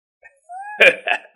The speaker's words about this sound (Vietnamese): Tiễn Thực Lãng cười rồi ho sặc sụa.